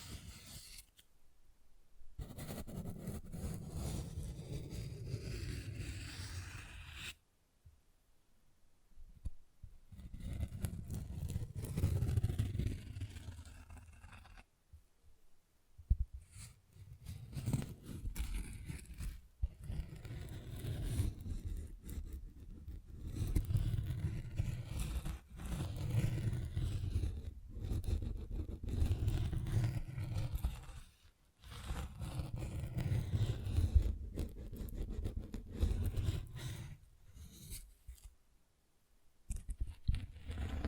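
Scratching and rubbing textures come in long, dense stretches with a heavy low rumble underneath and scattered brighter scrapes. The sound drops to near silence several times, briefly near 2, 8, 15, 31 and 38 seconds, then resumes at a similar level.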